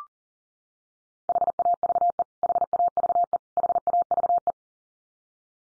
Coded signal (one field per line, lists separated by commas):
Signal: Morse code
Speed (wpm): 40 wpm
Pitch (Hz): 700 Hz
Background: none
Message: HAVE HAVE HAVE